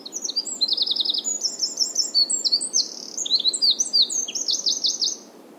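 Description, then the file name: Eurasian wren delivering an energetic high-pitched song, quick chattering trills and sharp twittering notes tumbling together for about five seconds, then ending. "Troglodytes troglodytes"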